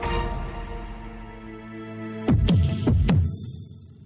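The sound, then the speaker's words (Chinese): A steady low droning hum fills the first half, then a fast heartbeat sound effect takes over, with rapid, loud, deep thumps pulsing in quick pairs until the end. “心跳好快，怎么办？”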